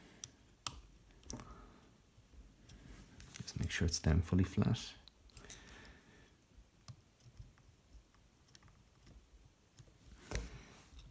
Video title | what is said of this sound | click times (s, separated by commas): DJI Mavic Pro torn gimbal ribbon replacement | got this ribbon connector, which just pops into place. Just | 0.7 s